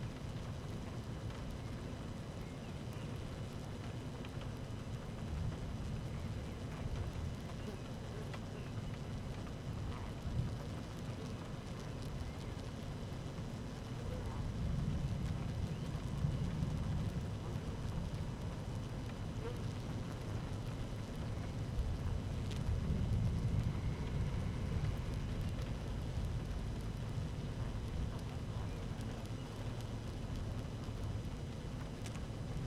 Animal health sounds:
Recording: honeybee colony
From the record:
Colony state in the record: active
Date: 12 June 2018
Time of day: 13:19

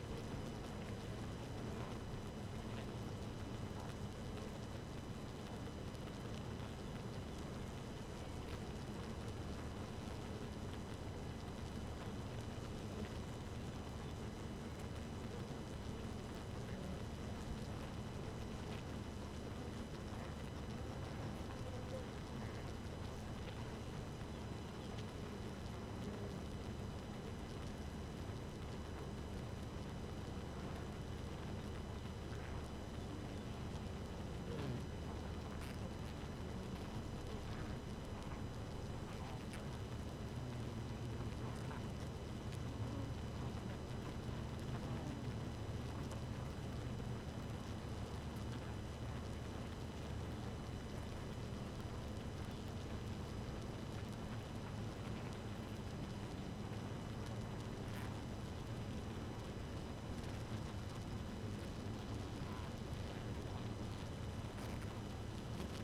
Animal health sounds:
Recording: honeybee colony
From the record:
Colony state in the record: active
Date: 12 June 2018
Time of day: 5:07

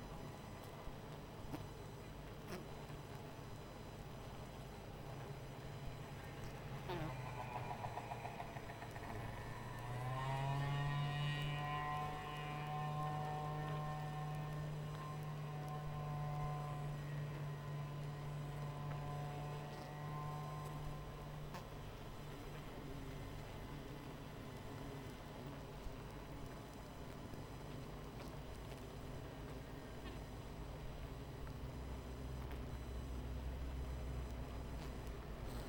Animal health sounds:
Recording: honeybee colony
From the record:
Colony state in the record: missing queen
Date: 14 July 2017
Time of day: 21:44

